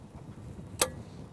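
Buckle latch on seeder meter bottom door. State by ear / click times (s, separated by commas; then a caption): seated / 0.8 s. An over-center buckle latch on an air seeder meter bottom door is pushed closed until it clicks. A single sharp click is heard at 0.8 s over a low background hum, and the latch is seated.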